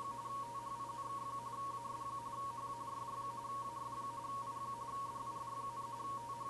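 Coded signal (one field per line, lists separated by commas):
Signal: RTTY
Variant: 45.45 baud, 170 Hz shift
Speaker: plug the usb cable in to power the arduino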